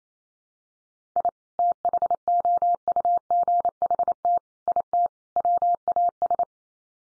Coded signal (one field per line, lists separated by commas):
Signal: Morse code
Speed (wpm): 28 wpm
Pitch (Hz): 700 Hz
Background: none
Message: I THOUGHT IT WAS